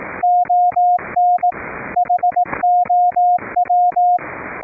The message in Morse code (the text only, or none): ON HOW